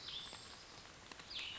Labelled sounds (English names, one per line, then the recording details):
Cassin's Vireo
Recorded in Sonoma County, California